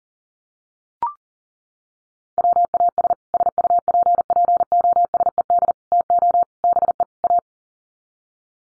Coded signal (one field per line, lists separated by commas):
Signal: Morse code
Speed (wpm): 40 wpm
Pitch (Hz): 700 Hz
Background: none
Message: WAS SUPPOSED TO BE A